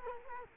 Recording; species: mosquito wingbeat signal from an infrared sensor; Culex quinquefasciatus